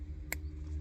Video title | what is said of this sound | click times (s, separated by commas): 2014-2019 Toyota Highlander wireless apple carplay android 12 10.1 screen install | You hear that click? | 0.3 s